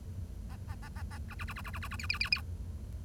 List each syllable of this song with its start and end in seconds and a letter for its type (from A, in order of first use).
0.50-0.56 A, 0.68-0.75 A, 0.82-0.88 A, 0.96-1.02 A, 1.11-1.18 A, 1.30-1.34 B, 1.39-1.45 B, 1.48-1.53 B, 1.56-1.61 B, 1.64-1.71 B, 1.73-1.79 B, 1.81-1.88 B, 1.91-1.96 B, 1.99-2.06 C, 2.09-2.18 C, 2.20-2.29 C, 2.32-2.41 C